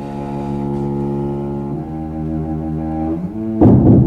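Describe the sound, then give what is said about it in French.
A train sounds a long, loud, steady horn chord that shifts pitch twice as it goes by, ending in a sudden rush of roaring rumble. “Le train.”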